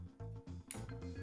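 A plastic side wall is pressed onto the frame of a small single-board computer case during assembly and snaps into place with a sharp click at 0.7 s. Steady tonal music plays underneath throughout. Someone talks as the wall seats.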